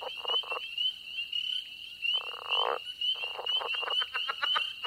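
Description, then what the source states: Southern leopard frog chuckling and grunting in uneven bursts, one drawn-out rattling call midway, against dense high peeping from a frog chorus. Two calling in rough alternation, grunting notes and loud chuckling calls; early spring chorus at a small pond in Mississippi; spring peepers in background.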